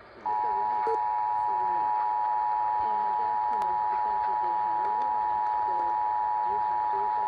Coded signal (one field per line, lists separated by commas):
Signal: Emergency Alert System (SAME) tones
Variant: 853 and 960 Hz attention tone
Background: speech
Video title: EAS Catches #479-481 - Nevada AMBER Alert (CAE/Child Abduction Emergency) (CANCELLED) (8/12/22)